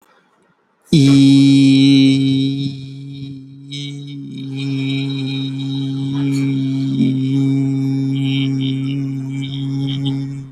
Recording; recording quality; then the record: sustained vowel as in beet; excellent, no background noise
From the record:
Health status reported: healthy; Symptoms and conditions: none ticked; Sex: male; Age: 23 years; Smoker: not ticked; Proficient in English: yes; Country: India